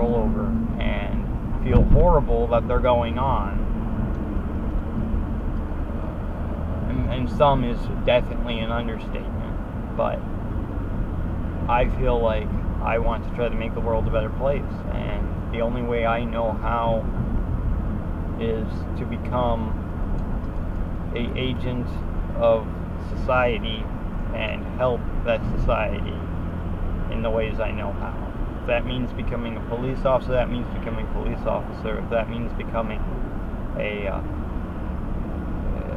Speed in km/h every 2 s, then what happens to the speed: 52, 55, 61, 66, 66, 68, 68, 66, 64, 64, 64, 64, 66, 68, 69, 68, 68, 68.
0-6 speeds up to 66. 6-36 steady at about 66.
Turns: none.